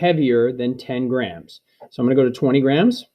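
The sliding rider weight on a balance scale beam is being handled and moved toward the 20 gram notch, because the block of wood is heavier than 10 grams. Someone talks throughout, with brief quiet gaps. Nothing has seated or clicked into the notch yet.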